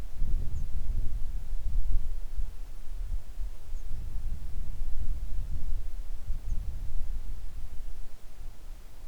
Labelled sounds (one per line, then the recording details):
songbird
wind
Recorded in the Arctic National Wildlife Refuge, Alaska, on 3 August 2019 at 10:41
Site 41